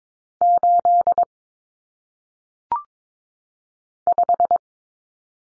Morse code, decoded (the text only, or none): 8 5